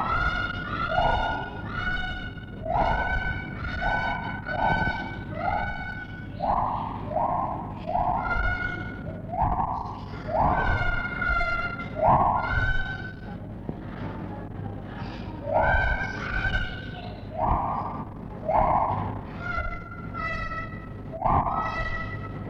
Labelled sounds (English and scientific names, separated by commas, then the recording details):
Lar Gibbon (Hylobates lar)
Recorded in captivity
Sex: female
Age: adult
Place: Tierpark Berlin, Berlin, DE
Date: 1963-07-01
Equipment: englisches Reportergerät, Kopie BG 26/1
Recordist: Altmann, Dagmar